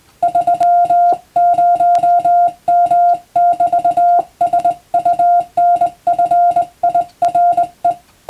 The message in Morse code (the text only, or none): 30M<BT>SUNFIRE